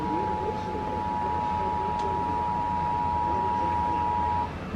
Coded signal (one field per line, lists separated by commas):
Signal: Emergency Alert System (SAME) tones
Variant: 853 and 960 Hz attention tone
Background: speech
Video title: Shasta's RMT (EAS #1790-1793)